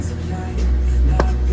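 On a 2010 Subaru Forester during a spark plug replacement, the electrical wiring connector is pushed onto the ignition coil pack. A sharp snap at 1.2 s marks the connector seating home over a steady low hum. The connection is confirmed seated.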